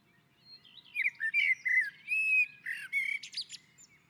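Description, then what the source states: Common blackbird singing one full phrase of mellow whistled notes, ending in high scratchy squeaks. Singing on a roof.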